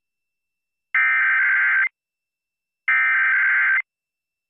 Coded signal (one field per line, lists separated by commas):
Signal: Emergency Alert System (SAME) tones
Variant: header bursts